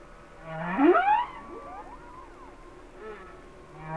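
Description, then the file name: Humpback whale song: a rising moan sweeping up into bright harmonic upsweeps near one second, then soft descending and arching wails, with another low moan starting at the end. "Sounds of Nature - Humpback Whales"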